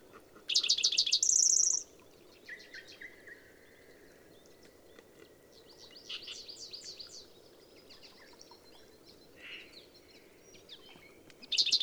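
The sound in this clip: Bird song phrase of chirps and a fast high trill, a long pause filled with softer calls and a whistled tone, then the song starts again.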